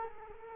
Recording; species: mosquito wingbeat signal from an infrared sensor; Culex quinquefasciatus